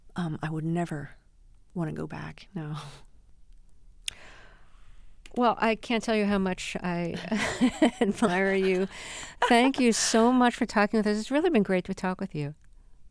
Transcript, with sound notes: I would never want to go back, no.
Well, I can't tell you how much I...
(LAUGHTER)
...Admire you. Thank you so much for talking with us. It's really been great to talk with you.